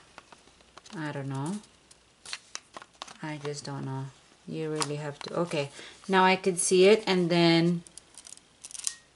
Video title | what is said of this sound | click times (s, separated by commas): CANON EOS M100 UNBOXING | there that's the click sound and | 8.9 s